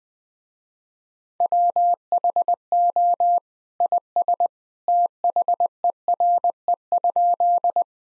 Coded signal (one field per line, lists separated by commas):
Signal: Morse code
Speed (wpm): 20 wpm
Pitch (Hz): 700 Hz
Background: none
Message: WHO IS THERE?